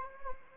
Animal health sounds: mosquito wingbeat signal from an infrared sensor; Anopheles arabiensis

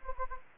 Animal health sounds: mosquito wingbeat signal from an infrared sensor; Anopheles gambiae

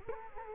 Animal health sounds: mosquito wingbeat signal from an infrared sensor; Culex quinquefasciatus

